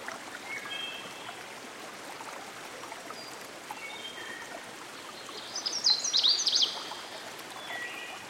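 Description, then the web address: Canada warbler delivering a brief, hurried warble of bright staccato notes after several seconds of babbling stream, with soft whistles scattered throughout. Recorded by a stream. "Dan Gibson Songbirds By The Stream. Canada Warbler"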